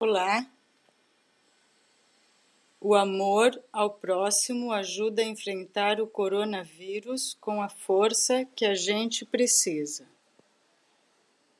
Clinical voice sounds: spoken sentence; Brazilian Portuguese; female; 40 to 49 years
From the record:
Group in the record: control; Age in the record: 49 years

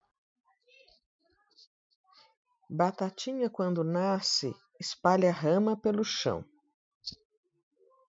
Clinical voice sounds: short text; Brazilian Portuguese; female; 60 to 69 years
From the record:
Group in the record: control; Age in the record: 60 years

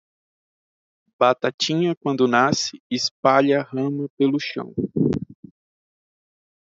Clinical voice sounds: short text; Brazilian Portuguese; male; 20 to 29 years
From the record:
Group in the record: control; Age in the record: 24 years

